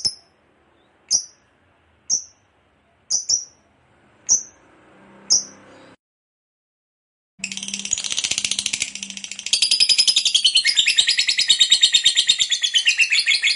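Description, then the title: Lovebird: six sharp separate chips about a second apart, a pause, then a long burst of dense, harsh, rapid chatter. Long, lively ngekek chatter. "LOVEBIRD NGEKEK PANJANG GACOR BIKIN LATAH"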